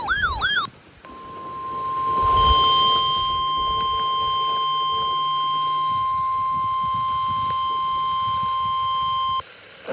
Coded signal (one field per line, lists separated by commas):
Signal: Emergency Alert System (SAME) tones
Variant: 1050 Hz attention tone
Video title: WWF75 Tornado Watch #342. 6/17/26 EAS #661